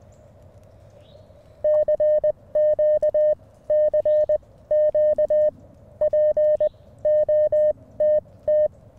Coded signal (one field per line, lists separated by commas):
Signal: Morse code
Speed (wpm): 20 wpm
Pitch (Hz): 590 Hz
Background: none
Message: CQ CQ P OTT